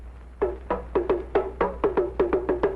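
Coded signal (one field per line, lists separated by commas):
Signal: talking drum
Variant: Ashanti talking drum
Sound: quick series of about eleven hollow drum strokes with slightly bending pitch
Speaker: It's now saying, run, run.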